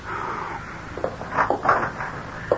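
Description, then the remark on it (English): A door is unlatched and swung open in a radio drama scene, with a few soft knocks and creaks clustered together, then one sharper click near the end, over a faint steady hiss. “Paula, please open the door, Dave.”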